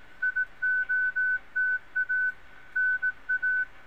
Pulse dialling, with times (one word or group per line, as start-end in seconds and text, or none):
none